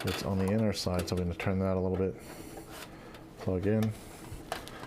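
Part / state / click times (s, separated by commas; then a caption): clipped cable connector into motherboard header / seated / 4.5 s. A clipped plastic cable connector is turned to the correct orientation and plugged into its header on a motherboard while someone talks. A sharp click at 4.5 s marks the connector seating fully, with a fainter tick right after.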